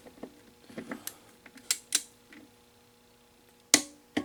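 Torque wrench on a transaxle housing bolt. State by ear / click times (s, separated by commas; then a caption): torque reached / 3.7 s. A torque wrench tightens a housing bolt on a Hydro Gear 356-0510 hydrostatic transaxle during reassembly on a Husqvarna YTH2242t mower. Light ratcheting ticks and mechanical taps lead to a sharp, loud click at 3.7 seconds. That click shows the wrench has reached its set torque.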